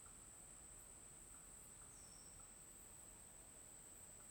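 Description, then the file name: Cricket trill holds as an unbroken shrill tone throughout, with one short bird note midway and faint soft ticking over a low hum. Forest ambience at midday with crickets and discreet birds. "Ambiente na mata no meio do dia com grilos e passaros discretos sapo"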